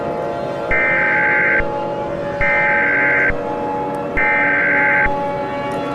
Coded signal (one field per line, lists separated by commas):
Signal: Emergency Alert System (SAME) tones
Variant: header bursts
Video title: Eas Scenario 007 - Attack of the Object Shows